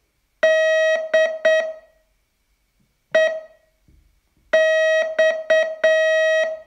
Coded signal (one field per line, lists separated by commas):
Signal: Morse code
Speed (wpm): 8 wpm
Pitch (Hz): 640 Hz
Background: none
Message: DEX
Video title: Learn Morse in 42 Days from VU2LAU - day 28